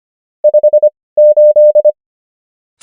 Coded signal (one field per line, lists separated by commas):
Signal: Morse code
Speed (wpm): 25 wpm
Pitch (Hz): 600 Hz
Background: none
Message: 58